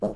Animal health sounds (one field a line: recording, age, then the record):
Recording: pig call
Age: piglet (1 to 25 days)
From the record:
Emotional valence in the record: negative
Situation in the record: long isolation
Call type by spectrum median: low-frequency call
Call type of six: low-frequency stable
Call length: 0.16 s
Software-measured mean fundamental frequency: 50 Hz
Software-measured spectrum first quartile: 245 Hz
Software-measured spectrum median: 453 Hz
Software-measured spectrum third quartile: 607 Hz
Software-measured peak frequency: 627 Hz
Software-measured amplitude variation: 127 dB a second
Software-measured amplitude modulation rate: 9.6 a second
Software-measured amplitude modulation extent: 13.2 dB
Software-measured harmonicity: 0.9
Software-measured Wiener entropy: -0.32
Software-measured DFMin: 1268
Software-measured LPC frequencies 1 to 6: 593, 3089, 4246, 5410, 6841, 7830 Hz